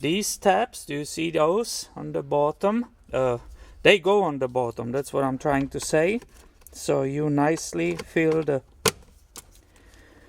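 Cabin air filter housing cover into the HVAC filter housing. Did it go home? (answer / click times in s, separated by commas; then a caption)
yes / 8.9 s, 9.4 s. Someone talks while fitting a plastic cabin air filter housing cover into the HVAC filter housing behind the glovebox of a Toyota Matrix, after the cabin filter has been inserted. The cover is pressed in and gives two clicks, one on each side, at 8.9 s and 9.4 s. The housing is now closed and installed well.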